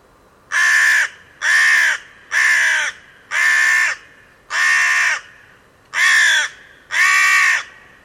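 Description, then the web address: Bird giving harsh, hoarse calls, seven in a row, each about half a second long and repeated roughly once a second, over a quiet background. "cianscape. Deverinetal. Bird Only"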